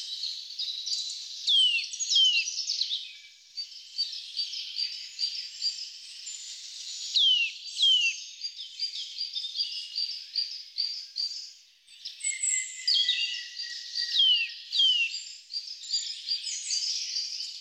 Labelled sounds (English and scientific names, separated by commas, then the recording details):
Eurasian Nuthatch (Sitta europaea) song
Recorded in the wild
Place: Gottenheim / Freiburg im Breisgau, Baden-Württemberg, DE
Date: 1997-03-30
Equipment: Dat-Recorder Casio DA 7, Telinga DAT, Telinga-Parabolspiegel
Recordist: Schwarz, Dieter
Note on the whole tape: Song